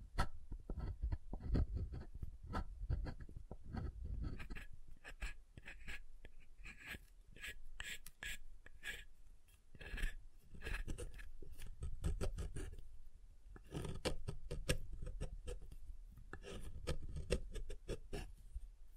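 Soap being tapped and carved: dense, irregular scratchy scraping and soft taps run throughout, with low thuds early and brighter clusters later.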